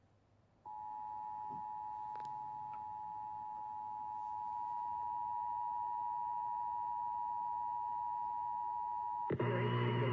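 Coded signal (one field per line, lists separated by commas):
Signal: Emergency Alert System (SAME) tones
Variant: 853 and 960 Hz attention tone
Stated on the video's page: Required Monthly Test for Sacramento.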